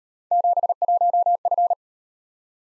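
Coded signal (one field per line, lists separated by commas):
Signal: Morse code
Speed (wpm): 37 wpm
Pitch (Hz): 700 Hz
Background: none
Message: 71F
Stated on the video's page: Speed-Racing 28 wpm drill of three-character letter-number combinations, starting at 1.5 times base speed and slowing to base, with a final repeat at maximum speed.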